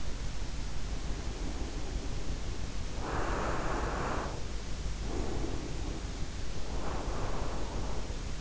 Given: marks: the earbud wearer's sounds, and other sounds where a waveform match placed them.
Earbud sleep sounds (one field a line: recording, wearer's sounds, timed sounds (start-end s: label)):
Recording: sounds in sleep by an in-ear microphone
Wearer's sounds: breath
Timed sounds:
0.87-4.67 s: breath
4.90-8.41 s: breath